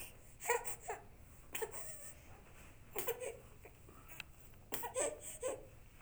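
Short, high-pitched infant cries come in about four separate bursts, each with brief fussy wails and quiet gaps between them in a small, quiet room. This is an ordinary baby cry.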